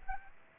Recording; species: mosquito wingbeat signal from an infrared sensor; Aedes aegypti